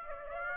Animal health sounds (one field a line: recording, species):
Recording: mosquito wingbeat signal from an infrared sensor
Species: Aedes aegypti